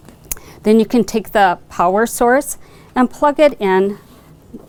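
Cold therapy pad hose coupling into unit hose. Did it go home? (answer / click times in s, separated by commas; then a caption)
yes / 0.3 s. The hose of an Iceman cold therapy unit and the cold therapy pad hose are snapped together, giving a sharp click at 0.3 s as the coupling seats snug and secure. Someone then talks.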